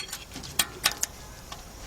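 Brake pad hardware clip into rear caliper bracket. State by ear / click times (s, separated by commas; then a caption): seated / 0.6 s, 1.0 s. Metal brake pad hardware clips are pushed up into the right rear caliper bracket of a 2000 Nissan Maxima 3.0 and snap into place. Sharp metallic clicks land at 0.6 s and 1.0 s, with softer ticks around them, and the clips end up seated.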